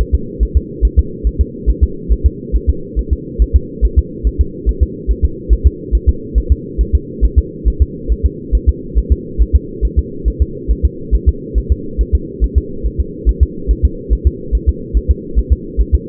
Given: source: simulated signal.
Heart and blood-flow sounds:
fetal heart sounds
0.01 s: S1
0.15 s: S2
0.43 s: S1
0.57 s: S2
0.85 s: S1
0.99 s: S2
1.27 s: S1
1.41 s: S2
1.70 s: S1
1.83 s: S2
2.12 s: S1
2.26 s: S2
2.56 s: S1
2.70 s: S2
2.99 s: S1
3.13 s: S2
3.42 s: S1
3.56 s: S2
3.85 s: S1
3.99 s: S2
4.27 s: S1
4.41 s: S2
4.69 s: S1
4.83 s: S2
5.11 s: S1
5.25 s: S2
5.53 s: S1
5.67 s: S2
5.95 s: S1
6.09 s: S2
6.38 s: S1
6.52 s: S2
6.81 s: S1
6.95 s: S2
7.25 s: S1
7.39 s: S2
7.68 s: S1
7.82 s: S2
8.12 s: S1
8.26 s: S2
8.55 s: S1
8.69 s: S2
8.98 s: S1
9.12 s: S2
9.42 s: S1
9.56 s: S2
9.85 s: S1
9.99 s: S2
10.28 s: S1
10.42 s: S2
10.71 s: S1
10.85 s: S2
11.15 s: S1
11.29 s: S2
11.58 s: S1
11.72 s: S2
12.01 s: S1
12.15 s: S2
12.44 s: S1
12.58 s: S2
12.86 s: S1
13.00 s: S2
13.29 s: S1
13.43 s: S2
13.71 s: S1
13.85 s: S2
14.13 s: S1
14.27 s: S2
14.55 s: S1
14.69 s: S2
14.97 s: S1
15.11 s: S2
15.39 s: S1
15.53 s: S2
15.81 s: S1
15.95 s: S2
From the record:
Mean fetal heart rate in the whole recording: 140 bpm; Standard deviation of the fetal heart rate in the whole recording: 2 bpm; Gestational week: 34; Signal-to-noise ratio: -4.3 dB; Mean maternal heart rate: 72 bpm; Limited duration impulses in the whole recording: absent

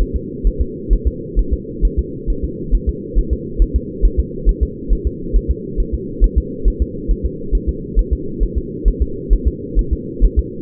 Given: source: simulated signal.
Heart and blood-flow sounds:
fetal heart sounds
0.02 s: S1
0.16 s: S2
0.47 s: S1
0.61 s: S2
0.93 s: S1
1.07 s: S2
1.39 s: S1
1.53 s: S2
1.85 s: S1
1.99 s: S2
2.30 s: S1
2.44 s: S2
2.75 s: S1
2.89 s: S2
3.19 s: S1
3.33 s: S2
3.62 s: S1
3.76 s: S2
4.05 s: S1
4.20 s: S2
4.49 s: S1
4.63 s: S2
4.93 s: S1
5.07 s: S2
5.36 s: S1
5.51 s: S2
5.80 s: S1
5.94 s: S2
6.24 s: S1
6.38 s: S2
6.68 s: S1
6.82 s: S2
7.11 s: S1
7.26 s: S2
7.55 s: S1
7.69 s: S2
7.99 s: S1
8.13 s: S2
8.43 s: S1
8.58 s: S2
8.88 s: S1
9.02 s: S2
9.33 s: S1
9.47 s: S2
9.79 s: S1
9.93 s: S2
10.25 s: S1
10.39 s: S2
From the record:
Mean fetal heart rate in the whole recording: 135 bpm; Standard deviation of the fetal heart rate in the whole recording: 3 bpm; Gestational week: 36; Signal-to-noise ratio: -4.3 dB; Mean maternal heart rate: 72 bpm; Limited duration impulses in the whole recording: absent

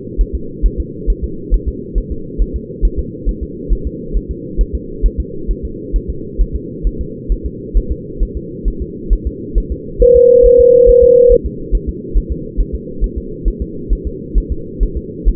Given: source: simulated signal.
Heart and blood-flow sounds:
fetal heart sounds
0.21 s: S1
0.35 s: S2
0.66 s: S1
0.80 s: S2
1.10 s: S1
1.24 s: S2
1.54 s: S1
1.68 s: S2
1.98 s: S1
2.12 s: S2
2.42 s: S1
2.56 s: S2
2.85 s: S1
2.99 s: S2
3.29 s: S1
3.43 s: S2
3.73 s: S1
3.87 s: S2
4.17 s: S1
4.31 s: S2
4.61 s: S1
4.75 s: S2
5.06 s: S1
5.20 s: S2
5.51 s: S1
5.65 s: S2
5.96 s: S1
6.10 s: S2
6.41 s: S1
6.56 s: S2
6.87 s: S1
7.01 s: S2
7.32 s: S1
7.46 s: S2
7.77 s: S1
7.92 s: S2
8.23 s: S1
8.37 s: S2
8.68 s: S1
8.82 s: S2
9.13 s: S1
9.27 s: S2
9.58 s: S1
9.72 s: S2
10.02 s: S1
10.17 s: S2
10.46 s: S1
10.60 s: S2
10.89 s: S1
11.04 s: S2
11.32 s: S1
11.46 s: S2
11.75 s: S1
11.89 s: S2
12.17 s: S1
12.32 s: S2
12.60 s: S1
12.75 s: S2
13.04 s: S1
13.18 s: S2
13.48 s: S1
13.62 s: S2
13.93 s: S1
14.07 s: S2
14.38 s: S1
14.52 s: S2
14.83 s: S1
14.97 s: S2
15.28 s: S1
From the record:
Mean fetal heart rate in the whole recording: 135 bpm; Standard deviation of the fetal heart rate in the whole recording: 3 bpm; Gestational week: 36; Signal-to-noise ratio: -4.3 dB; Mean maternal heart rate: 72 bpm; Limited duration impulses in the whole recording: present

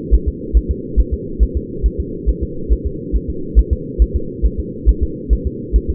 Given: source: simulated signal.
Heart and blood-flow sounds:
fetal heart sounds
0.14 s: S1
0.28 s: S2
0.57 s: S1
0.71 s: S2
1.00 s: S1
1.14 s: S2
1.43 s: S1
1.57 s: S2
1.86 s: S1
2.00 s: S2
2.29 s: S1
2.43 s: S2
2.73 s: S1
2.87 s: S2
3.16 s: S1
3.30 s: S2
3.59 s: S1
3.73 s: S2
4.02 s: S1
4.16 s: S2
4.46 s: S1
4.59 s: S2
4.89 s: S1
5.03 s: S2
5.33 s: S1
5.47 s: S2
5.76 s: S1
5.90 s: S2
From the record:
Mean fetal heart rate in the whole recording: 140 bpm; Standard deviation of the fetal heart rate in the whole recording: 2 bpm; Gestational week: 34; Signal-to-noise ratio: -4.3 dB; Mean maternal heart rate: 72 bpm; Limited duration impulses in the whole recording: absent

